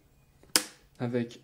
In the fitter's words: elle se clipse comme ceci